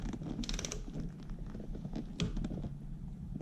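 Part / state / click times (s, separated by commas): click-type torque wrench tightening a part on a motorcycle engine to 10 Nm / torque reached / 2.2 s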